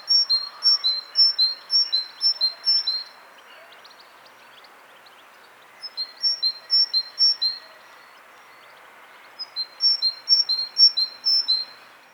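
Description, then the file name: Great tit song in three separate bouts of rapid alternating high and low whistled notes, each bout a few seconds long, separated by pauses with faint background noise. "Parus major"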